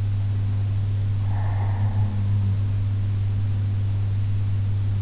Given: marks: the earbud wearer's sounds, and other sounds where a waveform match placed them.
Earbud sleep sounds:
sounds in sleep by an in-ear microphone; breath
1.04-3.04 s: breath

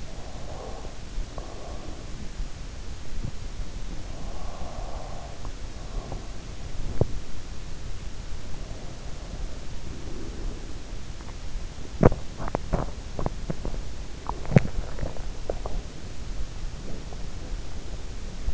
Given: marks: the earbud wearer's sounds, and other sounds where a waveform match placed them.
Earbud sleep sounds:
sounds in sleep by an in-ear microphone; breath, teeth grinding
0.00-2.78 s: breath
3.77-7.08 s: breath
9.26-11.38 s: breath
11.38-17.26 s: teeth grinding

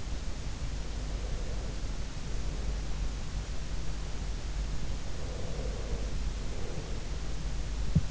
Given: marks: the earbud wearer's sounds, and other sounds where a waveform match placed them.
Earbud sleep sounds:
sounds in sleep by an in-ear microphone; breath, teeth grinding
1.13-2.78 s: breath
5.25-7.49 s: breath
7.75-8.11 s: teeth grinding

